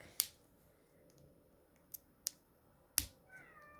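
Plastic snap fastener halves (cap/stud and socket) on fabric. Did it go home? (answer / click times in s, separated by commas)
yes / 0.2 s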